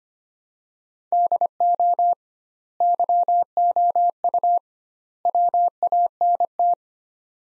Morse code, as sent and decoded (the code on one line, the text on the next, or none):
-.. --- / -.-- --- ..- / .-- .- -. -
DO YOU WANT